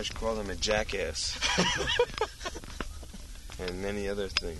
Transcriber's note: laughter